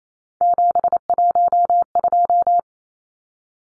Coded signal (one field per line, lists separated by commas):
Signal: Morse code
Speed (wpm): 28 wpm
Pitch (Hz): 700 Hz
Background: none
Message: 712